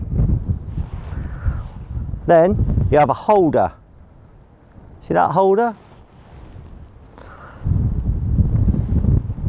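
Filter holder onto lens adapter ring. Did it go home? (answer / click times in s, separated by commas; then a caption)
no / none. A plastic square-filter holder is handled near the adapter ring screwed onto a camera lens, but it has not been pushed over the ring yet, so nothing has seated or clicked. Someone talks in short bursts over a steady low wind rumble and faint rustling, with a brief soft tap around 7.2 s.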